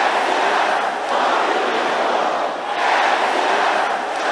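An audience shouts a prayer together, 'Emptiness challenging my breakthrough', many voices merging into a loud, continuous roar that dips briefly partway through before surging back just as strong.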